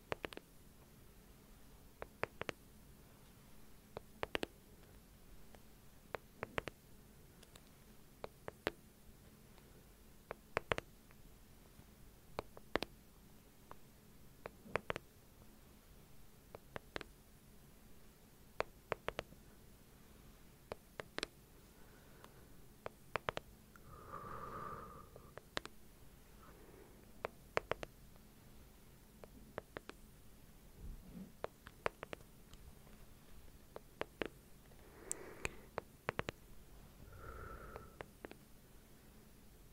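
Slow, rhythmic tapping: sharp, bright clicks land roughly every two seconds over a low, steady hum. Soft breathy swells and faint vocal-like murmurs rise around 22–26 seconds and again near 35–38 seconds, between the taps.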